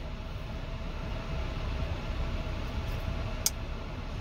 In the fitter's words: you hear that little snap